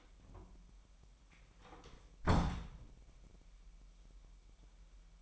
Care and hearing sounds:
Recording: daily activity, microphone in the room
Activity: close door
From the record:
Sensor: 1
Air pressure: 998.4 hPa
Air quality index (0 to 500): 127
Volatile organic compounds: 3 ppm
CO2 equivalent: 1521 ppm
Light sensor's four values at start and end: 18/55/22/23 and 18/55/22/24

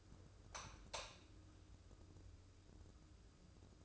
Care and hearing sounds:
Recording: daily activity, microphone in the room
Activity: light on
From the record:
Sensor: 2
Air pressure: 995.2 hPa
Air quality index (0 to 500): 69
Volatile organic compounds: 2 ppm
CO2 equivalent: 1204 ppm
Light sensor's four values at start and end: 8/18/7/8 and 12/35/14/14

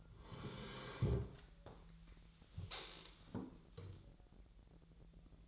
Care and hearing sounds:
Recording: daily activity, microphone in the room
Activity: sit down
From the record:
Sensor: 3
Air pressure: 1001.5 hPa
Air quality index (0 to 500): 247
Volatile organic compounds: 140 ppm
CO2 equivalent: 3977 ppm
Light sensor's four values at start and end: 13/29/12/12 and 11/25/11/11

